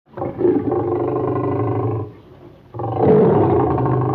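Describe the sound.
Lion growling: two deep, rough rumbles, the first lasting about two seconds, then a brief pause and a louder second growl.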